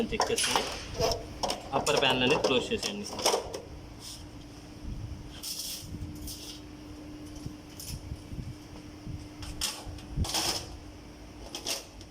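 A server chassis is handled at its rack while someone talks, with the server to be slid back in and its lock lever pressed until it locks. Sharp metallic clatters and brief knocks sound through the clip, with sudden louder hits near 3.5, 10.2 and 11.6 seconds. The clip ends before the part goes home, and nothing has seated or clicked yet.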